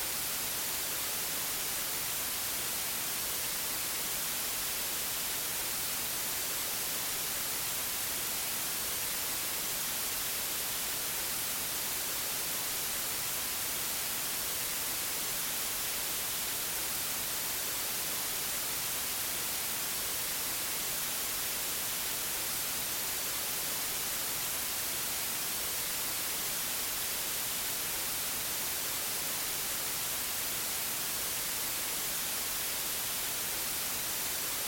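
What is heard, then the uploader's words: An unbroken stream of white noise runs for the whole stretch without a single change. The hiss is dense and even, brightest in its sharp upper range with a thinner low rumble beneath. There are no other sounds, pauses or swells. Calming White Noise. Unbroken stream of white noise.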